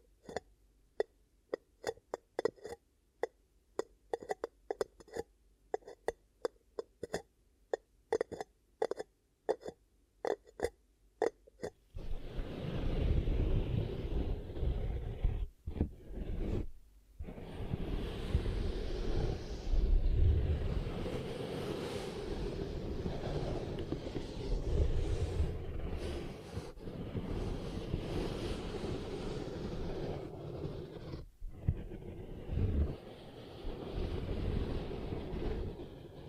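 Ear cupping sounds: rapid irregular taps for twelve seconds, then a dense, low rushing muffle that swells and cuts out briefly several times.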